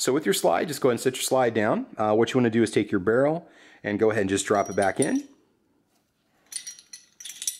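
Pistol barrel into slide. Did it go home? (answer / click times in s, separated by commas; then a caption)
yes / 7.5 s. Someone talks, then after a pause the metal barrel of a Sig Sauer P938 pistol is dropped back into the upturned slide and pushed home with a short series of metallic clinks. The sequence ends in the loudest sharp hit at 7.5 seconds as the barrel clicks into place in the slide.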